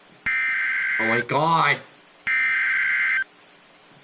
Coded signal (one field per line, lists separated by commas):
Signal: Emergency Alert System (SAME) tones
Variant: header bursts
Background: speech